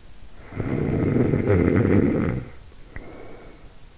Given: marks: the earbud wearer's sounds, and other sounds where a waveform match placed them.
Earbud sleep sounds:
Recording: sounds in sleep by an in-ear microphone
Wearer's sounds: snoring breath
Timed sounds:
0.30-3.79 s: snoring breath

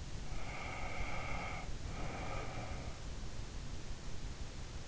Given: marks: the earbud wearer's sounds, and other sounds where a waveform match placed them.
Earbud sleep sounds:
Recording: sounds in sleep by an in-ear microphone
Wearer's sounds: breath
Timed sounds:
0.38-3.20 s: breath

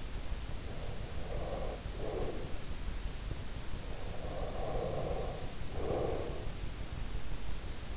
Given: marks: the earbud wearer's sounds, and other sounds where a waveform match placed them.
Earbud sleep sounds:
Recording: sounds in sleep by an in-ear microphone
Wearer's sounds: breath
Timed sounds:
0.62-2.53 s: breath
3.84-6.62 s: breath

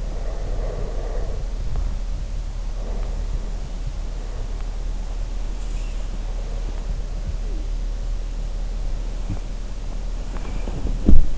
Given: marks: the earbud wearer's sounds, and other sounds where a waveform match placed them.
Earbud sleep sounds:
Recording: sounds in sleep by an in-ear microphone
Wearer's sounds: breath, body movement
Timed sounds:
0.00-1.46 s: breath
8.82-11.38 s: body movement

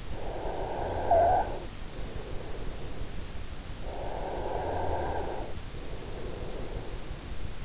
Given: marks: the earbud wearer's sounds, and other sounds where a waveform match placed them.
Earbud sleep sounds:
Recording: sounds in sleep by an in-ear microphone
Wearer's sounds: snoring breath, breath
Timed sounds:
0.00-2.58 s: snoring breath
3.58-7.31 s: breath

